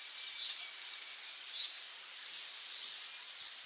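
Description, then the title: Half-collared sparrow song: a series of three thin, high-pitched whistles, the first sliding down then up, the next two level then falling, delivered quickly over a constant high background hiss. "LuckyPassaro Completos2Sama. Half-collared Sparrow (Arremon semitorquatus)"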